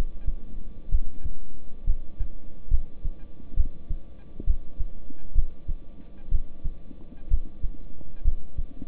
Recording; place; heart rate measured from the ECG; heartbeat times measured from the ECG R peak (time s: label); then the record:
heart sounds by stethoscope; between the tricuspid and mitral areas; 65 bpm
0.89 s: heartbeat
1.84 s: heartbeat
2.68 s: heartbeat
3.54 s: heartbeat
4.44 s: heartbeat
5.33 s: heartbeat
6.29 s: heartbeat
7.28 s: heartbeat
8.22 s: heartbeat
From the record:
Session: rest, lying down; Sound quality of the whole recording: good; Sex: male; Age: 26 years